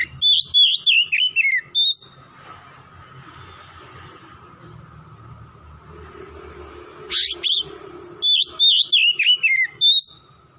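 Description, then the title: Oriental magpie-robin song, fluty whistled phrases dropping in pitch, an opening burst and a later burst after several quiet seconds, with a soft background hum. Tretes variety, singing vigorously (gacor). "Kacer Tretes"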